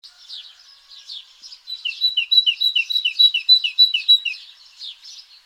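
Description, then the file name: Great tit, a fast series of short repeated notes that builds in the middle and then fades. "Parus major"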